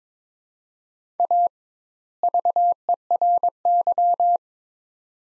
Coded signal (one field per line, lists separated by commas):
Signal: Morse code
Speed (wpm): 22 wpm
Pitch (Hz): 700 Hz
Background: none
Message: A VERY